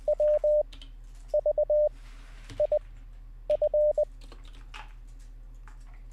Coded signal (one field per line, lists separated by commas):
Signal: Morse code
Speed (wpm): 20 wpm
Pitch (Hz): 600 Hz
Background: none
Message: W V I F